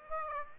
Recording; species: mosquito wingbeat signal from an infrared sensor; Aedes aegypti